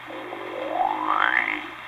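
A single drawn-in, buzzy snoring sound that slides steadily upward in pitch over about one and a half seconds, then fades: a comic imitation by an adult man of type 4C, the ascending diapason snore, with faint hiss in the background.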